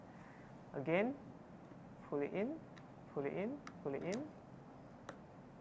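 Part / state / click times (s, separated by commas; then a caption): latex rubber dam sheet into the slot of a dental clamp / seated / 5.1 s. A latex rubber dam sheet is pulled into the slot of a dental clamp on the second side while someone talks. The dam snaps into the clamp slot with a short, sharp snap at 5.1 s, and it is seated. The snap is kept gentle because the dam can tear.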